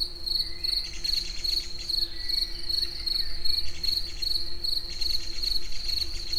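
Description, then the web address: Cricket giving a regular, high-pitched pulsed chirp, repeated steadily over a faint low hum. Recorded outdoors in nature at the Eger tourist house. "tucsok. munkazaj esbagolyis egerturistahaz"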